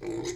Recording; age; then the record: pig call; weaner (32 to 43 days)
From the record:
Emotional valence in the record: negative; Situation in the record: long isolation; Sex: female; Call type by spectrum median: low-frequency call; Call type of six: high-frequency modulated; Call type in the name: high-frequency modulated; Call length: 0.35 s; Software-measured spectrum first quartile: 341 Hz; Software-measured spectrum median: 655 Hz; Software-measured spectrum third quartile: 4040 Hz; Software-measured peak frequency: 346 Hz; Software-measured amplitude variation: 138 dB a second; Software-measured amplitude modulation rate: 21.1 a second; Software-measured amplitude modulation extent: 6.5 dB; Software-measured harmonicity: 6.0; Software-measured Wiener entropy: -3.95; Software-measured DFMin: 1163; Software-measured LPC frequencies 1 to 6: 379, 2081, 3822, 4983, 6507, 7111 Hz